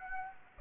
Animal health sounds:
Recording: mosquito wingbeat signal from an infrared sensor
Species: Aedes aegypti

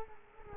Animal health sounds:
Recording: mosquito wingbeat signal from an infrared sensor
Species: Culex quinquefasciatus

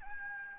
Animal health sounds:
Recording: mosquito wingbeat signal from an infrared sensor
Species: Aedes albopictus

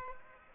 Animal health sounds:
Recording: mosquito wingbeat signal from an infrared sensor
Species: Aedes aegypti

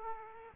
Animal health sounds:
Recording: mosquito wingbeat signal from an infrared sensor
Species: Aedes aegypti

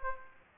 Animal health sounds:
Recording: mosquito wingbeat signal from an infrared sensor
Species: Aedes aegypti

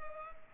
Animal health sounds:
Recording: mosquito wingbeat signal from an infrared sensor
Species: Culex pipiens

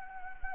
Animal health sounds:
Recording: mosquito wingbeat signal from an infrared sensor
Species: Anopheles gambiae

